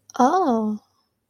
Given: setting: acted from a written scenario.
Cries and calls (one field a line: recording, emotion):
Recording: vocal sound without words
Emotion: interest